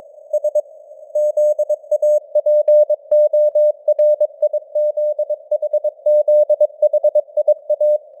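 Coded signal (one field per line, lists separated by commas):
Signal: Morse code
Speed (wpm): 22 wpm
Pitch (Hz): 600 Hz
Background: none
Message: S ZAPORIZHZHIA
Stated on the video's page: News headlines in Morse at 22 wpm, with simulated radio noise and varying signal strength (QSB).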